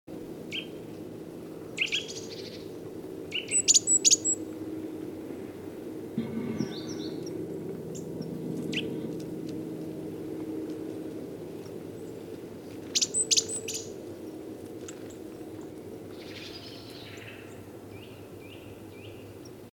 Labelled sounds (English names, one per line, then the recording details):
Great Tit call
Eurasian Nuthatch call
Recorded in the wild
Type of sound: call
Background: Sitta europaea
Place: Hanshagen, Mecklenburg-Vorpommern, DE
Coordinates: 53.444, 11.28
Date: 1975-03-22
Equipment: Nagra III BH, Sennheiser MD 21, parabola
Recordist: Schubert, Michael
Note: Kleiber und Kohlmeise